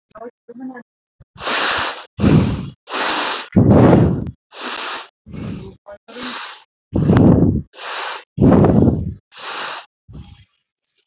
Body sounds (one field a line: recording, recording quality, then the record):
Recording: shallow breathing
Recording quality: excellent, no background noise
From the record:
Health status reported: exposed to COVID-19, no respiratory illness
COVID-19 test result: negative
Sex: male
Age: 32 years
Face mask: worn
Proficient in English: yes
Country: India